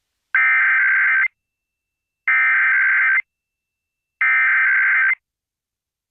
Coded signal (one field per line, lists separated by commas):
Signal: Emergency Alert System (SAME) tones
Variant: header bursts